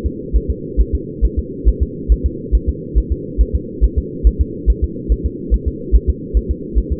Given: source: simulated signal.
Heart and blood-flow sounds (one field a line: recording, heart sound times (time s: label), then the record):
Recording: fetal heart sounds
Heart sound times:
0.06 s: S2
0.36 s: S1
0.50 s: S2
0.81 s: S1
0.95 s: S2
1.25 s: S1
1.39 s: S2
1.68 s: S1
1.82 s: S2
2.12 s: S1
2.26 s: S2
2.55 s: S1
2.69 s: S2
2.98 s: S1
3.12 s: S2
3.41 s: S1
3.55 s: S2
3.84 s: S1
3.98 s: S2
4.27 s: S1
4.41 s: S2
4.70 s: S1
4.84 s: S2
5.12 s: S1
5.26 s: S2
5.54 s: S1
5.68 s: S2
5.95 s: S1
6.09 s: S2
6.37 s: S1
6.51 s: S2
6.78 s: S1
6.92 s: S2
From the record:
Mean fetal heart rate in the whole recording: 140 bpm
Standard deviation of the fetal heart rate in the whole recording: 2 bpm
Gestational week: 34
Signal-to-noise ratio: -4.1 dB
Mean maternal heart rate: no maternal heart sound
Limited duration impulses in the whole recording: absent